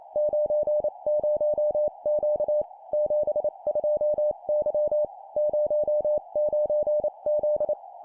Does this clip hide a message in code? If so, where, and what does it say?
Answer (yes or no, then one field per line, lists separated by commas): yes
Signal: Morse code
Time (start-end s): 0.2-7.7 s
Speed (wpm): 28 wpm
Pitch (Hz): 600 Hz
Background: none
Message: 90Q 72Y 09Z